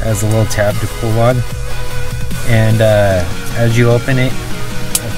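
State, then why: Seated. Someone talks over music while a small pocket multi-tool is opened by pulling on a tab until the pliers head locks open in its handle. A sharp click is heard at 5.0 s as the jaws lock into the open position.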